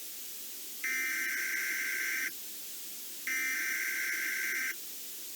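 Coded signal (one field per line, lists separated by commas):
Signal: Emergency Alert System (SAME) tones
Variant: header bursts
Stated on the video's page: Fictional mini-EAS scenario of a volcanic eruption, an experimental concept.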